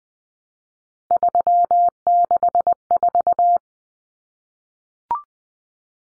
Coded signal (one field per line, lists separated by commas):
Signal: Morse code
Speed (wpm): 20 wpm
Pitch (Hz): 700 Hz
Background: none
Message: 364